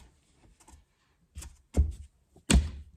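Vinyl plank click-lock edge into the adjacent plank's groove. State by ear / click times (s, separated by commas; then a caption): seated / 2.5 s. A 5 mm interlocking vinyl flooring plank is angled into the edge of the neighbouring plank on the floor of a Ford Transit Connect camper van build and pushed down so its click-lock edge engages the adjacent plank's groove. Soft handling knocks and duller thuds come before a sharp, loud thunk at 2.5 s as the plank locks into place and is seated.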